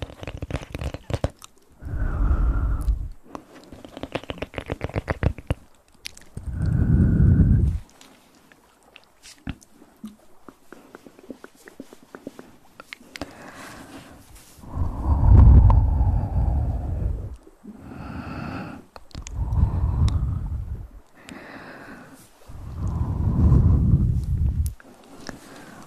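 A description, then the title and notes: Dry hand and mouth sounds: bursts of rubbing, crunching and soft vocal noises, separated by brief pauses throughout. Hand Sounds & Mouth Sounds.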